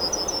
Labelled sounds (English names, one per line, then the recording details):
Yellowhammer song
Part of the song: start
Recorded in the Czech Republic on 12 April 2015
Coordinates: 50.045, 16.177
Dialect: BE
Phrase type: D17
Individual ch001